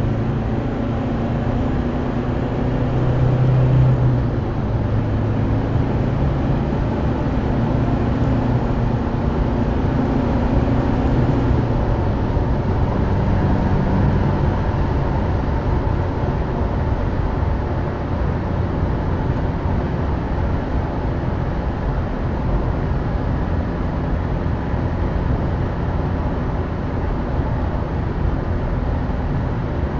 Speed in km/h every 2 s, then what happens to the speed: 129, 146, 153, 162, 169, 174, 173, 175, 164, 159, 158, 155, 155, 156, 155.
0-10 speeds up to 174. 14-22 slows to 155. 22-30 steady at about 155.